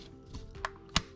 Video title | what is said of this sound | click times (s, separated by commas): Chevrolet Key Fob Battery Replacement - Camaro, Cruze, Malibu, Sonic, Spark, Volt, Bolt, etc. | then you can take your key and it just snaps back together. | 0.7 s, 1.0 s